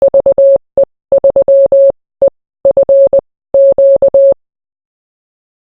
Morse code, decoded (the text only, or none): VE3EFQ